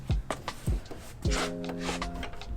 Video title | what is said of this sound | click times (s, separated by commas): LEATHER PROS V3 SADDLEBAGS RETRO SERIES / UNBOXING AND INSTALL / DYNA FXDLS | You gotta really press down on it to hear it snap. | 0.3 s